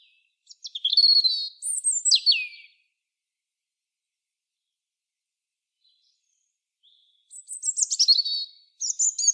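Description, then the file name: European robin delivering a short, shrill phrase of sliding whistles and trills, then a pause of several seconds, followed by another sweet, high twittering phrase. "Erithacus rubecula"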